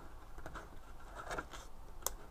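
A tight flat ribbon cable end is pushed into its board connector, with soft scratchy handling sounds before a sharp, bright click at 2.1 s. The cable clips in and is seated.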